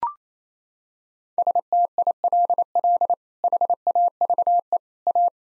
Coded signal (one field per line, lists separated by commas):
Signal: Morse code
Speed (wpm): 28 wpm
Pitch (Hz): 700 Hz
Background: none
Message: STILL HAVE A